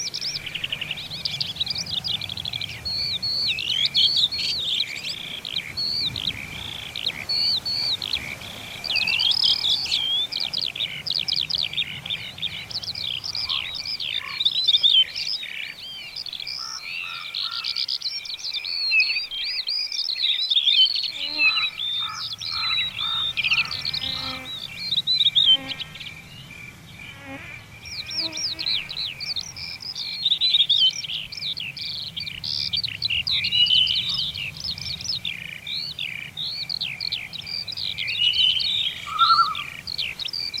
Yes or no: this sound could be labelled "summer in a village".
yes